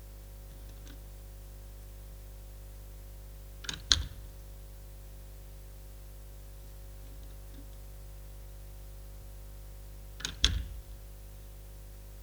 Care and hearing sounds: daily activity, guitar pickup as the sensor; manipulate door

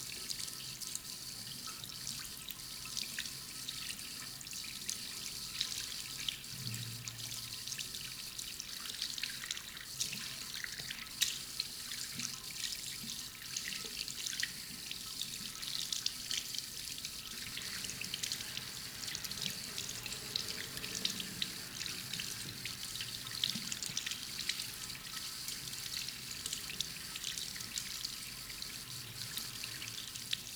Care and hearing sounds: daily activity, guitar pickup as the sensor; wash hands

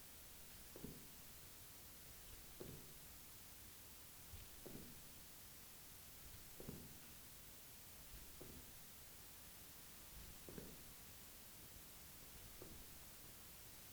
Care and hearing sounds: daily activity, guitar pickup as the sensor; jump

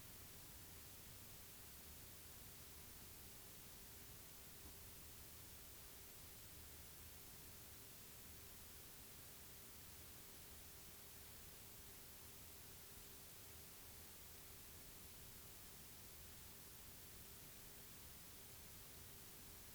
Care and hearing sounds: daily activity, guitar pickup as the sensor; sit

